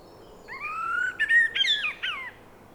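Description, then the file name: Common blackbird calling with clear whistled slurs around mid pitch, followed by a burst of quicker, higher twittering notes. "Turdus merula"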